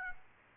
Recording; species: mosquito wingbeat signal from an infrared sensor; Aedes aegypti